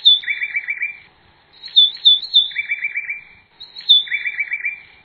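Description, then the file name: White-breasted wood wren giving clear high whistled notes, each followed by a quick buzzy trill, three phrases in quick succession. "canto do uirapuru De Peito Branco"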